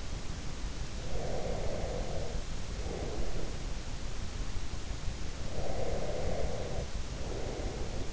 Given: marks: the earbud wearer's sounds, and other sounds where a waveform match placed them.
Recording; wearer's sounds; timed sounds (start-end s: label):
sounds in sleep by an in-ear microphone; breath
1.02-3.64 s: breath
5.47-8.13 s: breath